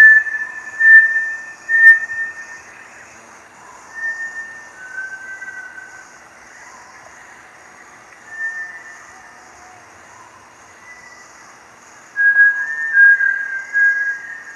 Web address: دانلود-صدای-پرنده-وشم-بارتلت